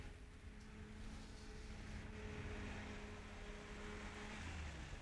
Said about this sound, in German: Hörst du? Auto? Ja. Wer kann denn das sein? Ich weiß nicht.